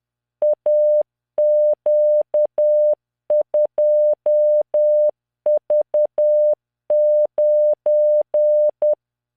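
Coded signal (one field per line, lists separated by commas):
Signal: Morse code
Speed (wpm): 10 wpm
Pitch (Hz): 600 Hz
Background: none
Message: AQ2V9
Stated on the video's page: Practice Morse of random characters from LearningMorse software at 10 WPM, 600 Hz tone, standard three-dot spacing.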